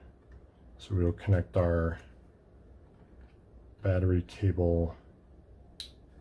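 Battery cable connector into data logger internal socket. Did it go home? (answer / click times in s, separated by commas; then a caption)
yes / 5.8 s. Someone talks while a battery cable plug is pushed into its internal socket on a v3 Kestrel data logger assembly until it latches. A single sharp click is heard at 5.8 s as the connector seats.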